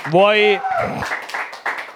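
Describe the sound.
A voice calls out with a drawn-out, tonal shout, then a short burst of scattered clapping from a crowd follows, fairly loud and uneven for about a second.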